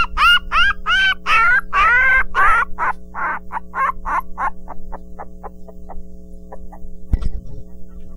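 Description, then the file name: Dog: puppy yelping in a rapid series of high, shrill cries, loud at first and then growing shorter and fainter, with steady electrical hum and a thump near the end. "Rykelme Producoes cachorrinho"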